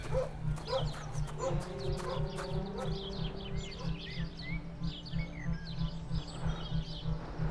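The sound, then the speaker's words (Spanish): A dog, about 200 metres away and carrying a piece of rotting meat in its teeth, makes a low, steady, pulsing rumble throughout, while birds chirp and tweet in scattered bursts above it. “Al hallarme a 200 metros, vi a un perro que llevaba entre los dientes un trozo de carne putrefacta.”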